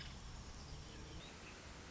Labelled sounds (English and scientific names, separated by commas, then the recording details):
Nuttall's Woodpecker (Dryobates nuttallii)
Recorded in Sonoma County, California